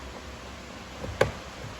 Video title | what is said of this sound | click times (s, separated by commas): WINDOW LIFT ASSEMBLY (REGULATOR AND MOTOR) REPLACEMENT on a FIAT 500 ABARTH - HOW TO! | and then slide your cover back over the door handle snaps | 1.2 s